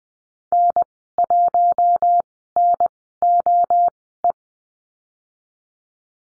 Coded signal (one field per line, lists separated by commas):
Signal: Morse code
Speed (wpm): 20 wpm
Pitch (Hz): 700 Hz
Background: none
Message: N1NOE